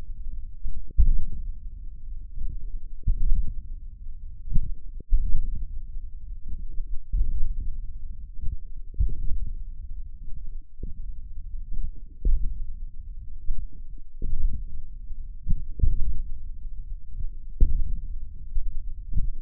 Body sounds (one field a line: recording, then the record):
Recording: forearm muscle sounds (acoustic myography)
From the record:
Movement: hand closing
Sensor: system 1, eight BSWA MPA416 microphones around the upper forearm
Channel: 8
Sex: male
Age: 28 years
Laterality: right